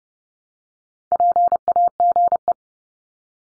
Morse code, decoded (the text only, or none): PAGE